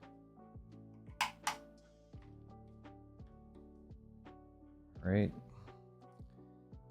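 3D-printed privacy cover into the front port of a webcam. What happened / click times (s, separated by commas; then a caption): A small plastic cover snaps on with two sharp clicks, possibly not fully secure / 1.2 s, 1.5 s. A 3D-printed plastic privacy cover is pushed by its pegs into the front port of an Elgato FaceCam webcam over background music, giving two sharp clicks at 1.2 s and 1.5 s. Someone talks, and the cover clicks on but sits loosely rather than securely.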